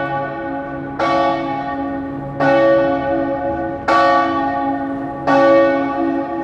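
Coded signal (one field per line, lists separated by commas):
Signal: bell signal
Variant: great bell, full swing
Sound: a single large church bell swinging, striking 4 times about 1.4 s apart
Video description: Battiore delle 15:00 e distesa del campanone per la Passione di Cristo del Venerdì (dura 1 minuto).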